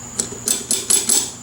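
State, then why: Not seated. A car's fuel filler door is pushed shut repeatedly, and it taps against the car body at about 0.2, 0.5 and 0.7 s, with more taps following, over a steady high-pitched hiss. The latch plunger never engages its notch because a loose brass pin has worked its way out, so nothing has clicked or latched yet.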